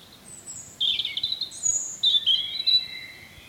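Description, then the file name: European robin song in a short burst of high, wavering whistled notes and thin trills, varied and fluid, over quiet background hiss. "Erithacus rubecula"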